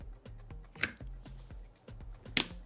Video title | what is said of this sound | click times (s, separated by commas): Building my $4100 Portable LAN Rig in the eBlaztr (9800x3d / RTX 5080) | That was solid clicks, too. Solid clicks. | 0.8 s, 2.4 s